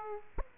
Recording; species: mosquito wingbeat signal from an infrared sensor; Aedes aegypti